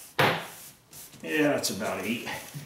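A plastic retaining clip of a car's door trim panel is pushed home into the door frame and seats with a sharp snap at 0.2 s. Someone then talks while the clips are being counted, and the panel is left solid.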